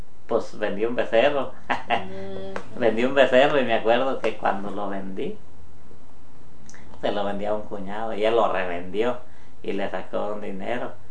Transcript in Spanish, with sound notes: pos vendí un becerro. (risas) Vendí un becerro y me acuerdo que cuando lo vendí, se lo vendí a un cuñado y él lo revendió y le sacó dinero.